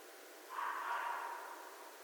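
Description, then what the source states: Red fox making a single quiet, rough, drawn-out call, fading gradually, over a steady background hiss. Recorded 13 January 2012.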